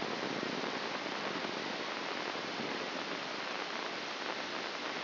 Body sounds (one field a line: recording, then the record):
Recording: brain microelectrode recording played as sound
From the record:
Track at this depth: inside the subthalamic nucleus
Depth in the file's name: 5.229 mm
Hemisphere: left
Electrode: 2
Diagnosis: Parkinson's disease